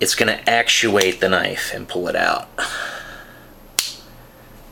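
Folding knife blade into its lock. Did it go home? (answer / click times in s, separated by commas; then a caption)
yes / 3.8 s. Someone talks while a Cold Steel Rajah III folding knife is drawn from the pocket, its opening feature catching so the blade flicks open. At 3.8 s the blade snaps open and locks into place with one sharp click, followed by quiet.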